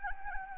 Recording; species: mosquito wingbeat signal from an infrared sensor; Anopheles gambiae